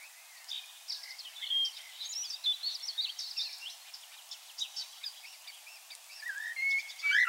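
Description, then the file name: Common blackbird giving a dense stream of high chirps and twisting whistles, with louder sliding notes toward the close and a constant low hiss. "Turdus merula"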